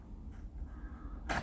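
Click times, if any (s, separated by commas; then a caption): none. A memory module is lined up with the notch of a motherboard DIMM slot by matching it to the holes, before being pressed in. Low-level handling noise runs under a broadband burst of rustle from about 1.3 s to the end, and someone talks. Nothing has seated or clicked yet.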